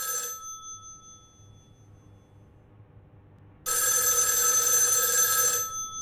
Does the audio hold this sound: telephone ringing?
yes